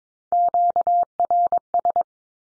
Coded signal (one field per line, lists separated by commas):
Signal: Morse code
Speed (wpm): 22 wpm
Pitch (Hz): 700 Hz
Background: none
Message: QRS